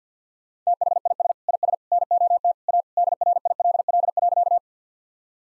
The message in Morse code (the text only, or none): THIS IS NOT A DRILL.